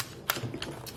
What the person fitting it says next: It's in there, it clicked in there.